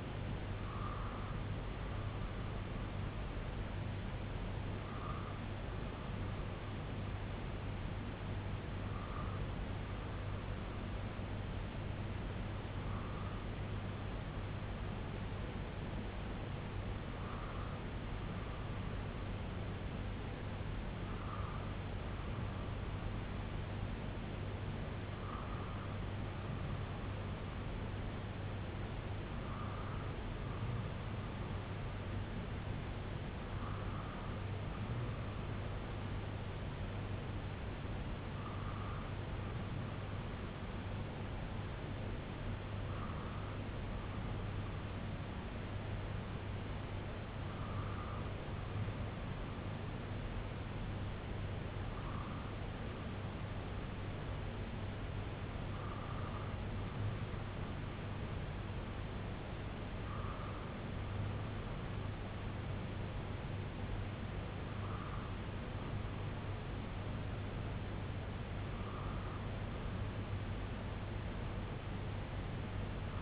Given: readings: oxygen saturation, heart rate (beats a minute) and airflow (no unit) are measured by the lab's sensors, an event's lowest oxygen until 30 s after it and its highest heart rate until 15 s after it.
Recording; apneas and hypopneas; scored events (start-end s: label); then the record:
breathing in sleep by a voice recorder at the bedside; none
none scored
From the record:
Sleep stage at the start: N2 (light sleep); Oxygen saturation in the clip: 94 to 95%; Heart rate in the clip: 60 to 69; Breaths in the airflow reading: 17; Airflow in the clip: -2.6 to 1.6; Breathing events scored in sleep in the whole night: 258 in 7.4 hours asleep